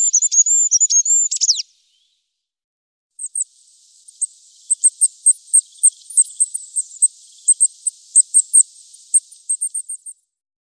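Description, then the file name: Goldcrest song, a very high, thin phrase ending in a quick flourish, then after a pause a long run of sharp, high ticking notes. "Kungsfagel"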